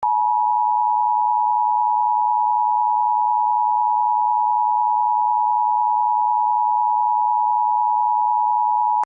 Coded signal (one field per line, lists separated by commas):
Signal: Emergency Alert System (SAME) tones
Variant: 853 and 960 Hz attention tone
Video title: For Pittsburgh EAS Antonio Cerri To Use, EAS Mock Required Monthly Test For Allegheny, PA 2/3/21